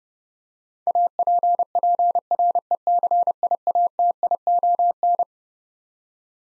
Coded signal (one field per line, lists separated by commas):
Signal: Morse code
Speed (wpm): 30 wpm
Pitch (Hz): 700 Hz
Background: none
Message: APPRECIATION